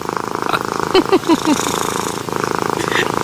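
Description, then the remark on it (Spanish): A kitten purrs steadily throughout, a low, buzzing rhythmic rumble, with a quick series of four short, higher chirping sounds breaking in about a second in. “Ponemos gatito un de fondo. Un ronroneo de gatito.”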